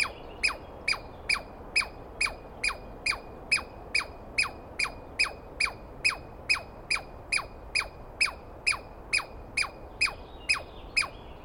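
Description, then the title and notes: Douglas squirrel calling with a long run of harsh downward-sweeping squeaks, roughly two per second, evenly spaced. Douglas pine squirrel screaming at length at dawn on the morning of 21 April 2017 in the East Cascades, startling the recordist awake; identified by sound, not clearly seen. "On the morning of 21 April, 2017, I set up my microphones and recorder for a nice dawn recording in the East Cascades. I was started awake by a screaming Douglas Pine Squirrel."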